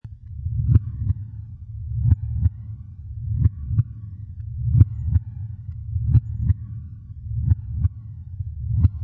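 Deep, regular lub-dub heart sounds, about 44 paired beats a minute, or roughly 89 single thumps. A low rumbling swell rises into each pair against a steady low hum.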